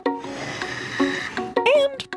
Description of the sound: A ventilator is a machine that helps people breathe. Some people use ventilators when they're sick, but other people use ventilators every day, like to help them breathe while they sleep. A ventilator helps push air in and. Pull air back out.